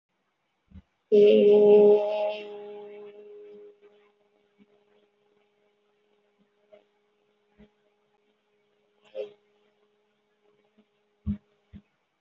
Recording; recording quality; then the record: sustained vowel as in made; moderate, slight background noise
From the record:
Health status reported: healthy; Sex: female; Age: 23 years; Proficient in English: yes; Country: India